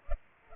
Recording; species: mosquito wingbeat signal from an infrared sensor; Culex pipiens